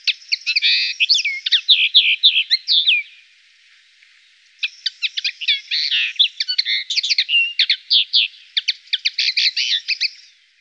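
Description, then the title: Common linnet singing a varied twittering song of fast chirps and short trills, pausing briefly before resuming. Songbird from Germany, Austria or Switzerland. "Europäische Singvögel. Bluthänfling"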